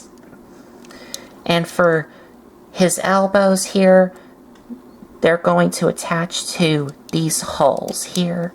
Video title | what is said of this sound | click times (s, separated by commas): Gobots Puzzler review Part 4 Tic Tac | chest here can lock into place | 1.1 s